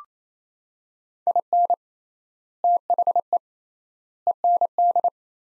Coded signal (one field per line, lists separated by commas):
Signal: Morse code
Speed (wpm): 28 wpm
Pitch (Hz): 700 Hz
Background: none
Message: IN THE END